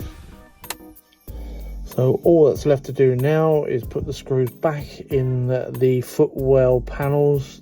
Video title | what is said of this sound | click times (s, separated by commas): Kia Optima handbrake diagnosing and repairing (Ep 3) | then just pull down the gear stick gate uh line it up and push it down so it clicks in place so | 0.6 s, 0.7 s